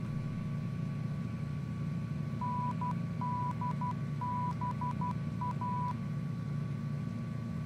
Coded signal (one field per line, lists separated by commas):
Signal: Morse code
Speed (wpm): 12 wpm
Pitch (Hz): 990 Hz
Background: none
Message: NDBA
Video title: Finding offshore oil platforms using the ADF and NDB